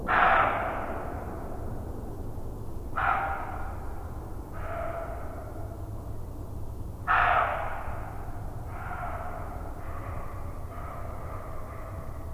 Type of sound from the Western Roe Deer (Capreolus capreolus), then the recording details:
barking. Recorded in the wild. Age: adult. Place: Bernau bei Berlin, Forst Bernau, Brandenburg, DE. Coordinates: 52.6958, 13.5256. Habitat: wood. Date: 2007-04-07 20:41. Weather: fair, 10°C, almost no wind. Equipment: Sound Devices 702, Sennheiser MKH 70, Windkorb. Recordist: Frommolt, Karl-Heinz